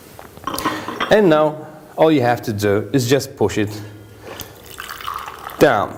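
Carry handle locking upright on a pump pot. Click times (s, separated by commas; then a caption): 0.5 s. The hinged carry handle on a stainless-steel thermos pump pot from a Royal Catering RCKM-2.2LSETP coffee maker set is lifted until it locks upright with a click at 0.5 s, which enables the pump. Someone talks through the rest of the clip, with a few brief sharp sounds in between.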